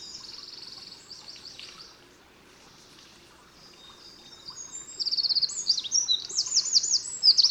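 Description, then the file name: Eurasian wren song starting soft with a high rattle, a brief lull, then loud shrill rising and falling trills at the end. "Troglodytes troglodytes"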